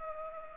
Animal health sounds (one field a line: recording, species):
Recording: mosquito wingbeat signal from an infrared sensor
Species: Culex pipiens